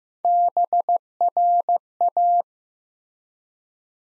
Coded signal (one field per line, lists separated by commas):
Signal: Morse code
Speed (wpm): 15 wpm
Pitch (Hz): 700 Hz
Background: none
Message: BRA